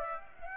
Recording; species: mosquito wingbeat signal from an infrared sensor; Aedes aegypti